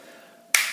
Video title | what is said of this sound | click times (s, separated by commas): Ruger Hunter Mark 3 | vous RZ donc voilà vous avez entendu un petit clic une | 0.6 s